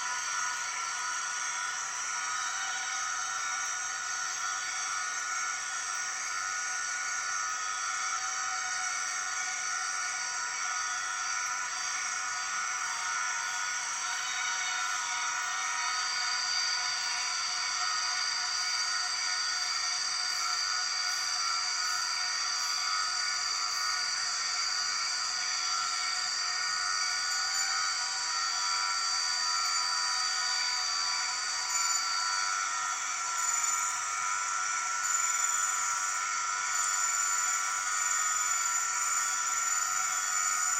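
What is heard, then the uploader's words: An empress cicada drones in a steady, dense, shrill buzz with layered high tones, holding an even loudness throughout with only faint flickers above. The weird sound of the Empress cicada.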